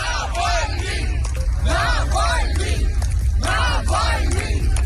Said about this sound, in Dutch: Als de kist naar binnen wordt gedragen, roepen mensen zijn naam.